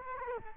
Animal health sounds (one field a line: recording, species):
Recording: mosquito wingbeat signal from an infrared sensor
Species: Culex quinquefasciatus